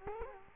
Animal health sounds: mosquito wingbeat signal from an infrared sensor; Culex quinquefasciatus

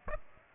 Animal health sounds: mosquito wingbeat signal from an infrared sensor; Aedes aegypti

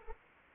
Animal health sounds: mosquito wingbeat signal from an infrared sensor; Anopheles arabiensis

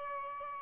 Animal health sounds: mosquito wingbeat signal from an infrared sensor; Aedes albopictus

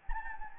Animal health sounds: mosquito wingbeat signal from an infrared sensor; Anopheles gambiae

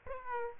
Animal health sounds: mosquito wingbeat signal from an infrared sensor; Aedes aegypti

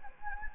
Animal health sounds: mosquito wingbeat signal from an infrared sensor; Anopheles gambiae

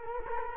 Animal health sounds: mosquito wingbeat signal from an infrared sensor; Culex quinquefasciatus

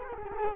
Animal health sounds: mosquito wingbeat signal from an infrared sensor; Culex quinquefasciatus

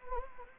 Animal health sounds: mosquito wingbeat signal from an infrared sensor; Anopheles gambiae

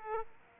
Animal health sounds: mosquito wingbeat signal from an infrared sensor; Aedes aegypti

